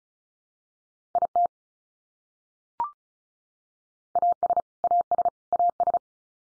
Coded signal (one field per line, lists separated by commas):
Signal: Morse code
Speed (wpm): 34 wpm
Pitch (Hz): 700 Hz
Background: none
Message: IT AS AS AS